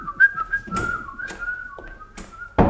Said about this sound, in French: Comment? Il siffle? Eh ben, voilà un témoin qui a une façon de comprendre sa mission.